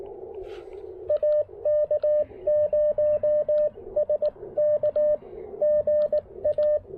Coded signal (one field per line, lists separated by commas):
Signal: Morse code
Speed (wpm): 19 wpm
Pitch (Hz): 600 Hz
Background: radio noise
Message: AK0SK GA